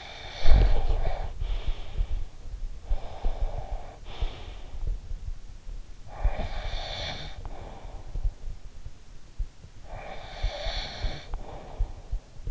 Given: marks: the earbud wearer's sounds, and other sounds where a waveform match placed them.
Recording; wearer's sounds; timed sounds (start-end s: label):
sounds in sleep by an in-ear microphone; snoring breath
0.00-2.46 s: snoring breath
2.76-5.00 s: snoring breath
5.91-8.60 s: snoring breath
9.71-12.51 s: snoring breath